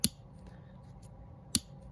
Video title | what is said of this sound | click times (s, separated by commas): THE ARI IS A BIG BLADED BEAUTY! | you guys can hear it snapping back into place there | 0.0 s, 1.5 s